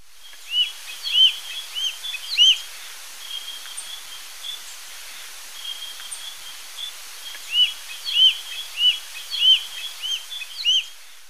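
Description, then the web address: Swallow-tailed Kite calls: high, thin, slurred whistles in two rapid runs of several notes each, with softer high notes between them over a quiet background. Recorded in Ecuador. "Birds of Ecuador. Swallow-tailed Kite"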